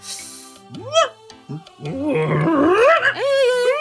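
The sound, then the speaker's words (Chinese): A few sharp yelps and whines rise out of quiet, then a dense, overlapping chorus of many dogs barking, yelping and growling fills the rest, loud and continuous; a village yard full of dogs. “你们这个狗村真是名副其实啊，满院子的狗啊，怎么回事啊？”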